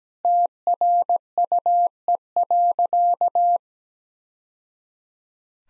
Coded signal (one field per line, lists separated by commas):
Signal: Morse code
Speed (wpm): 17 wpm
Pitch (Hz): 700 Hz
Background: none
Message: TRUE.